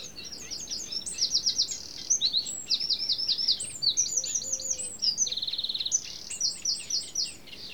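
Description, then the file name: Eurasian wren in full song, fast high warbling phrases with rattling trills in the middle, repeated bursts running the whole length. "Troglodytes troglodytes"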